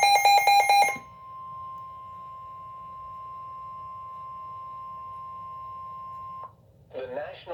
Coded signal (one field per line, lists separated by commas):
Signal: Emergency Alert System (SAME) tones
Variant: 1050 Hz attention tone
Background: speech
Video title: 7/22/26 Severe Thunderstorm Warning for Galveston, Brazoria, Chambers, and Harris Counties (EAS #81)